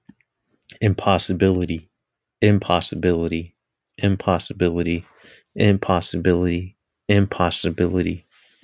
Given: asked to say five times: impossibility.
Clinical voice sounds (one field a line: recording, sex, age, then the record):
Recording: repeated word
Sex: male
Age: 20 to 29 years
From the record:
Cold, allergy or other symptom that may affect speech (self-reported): no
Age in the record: 28 years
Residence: California, United States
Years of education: 16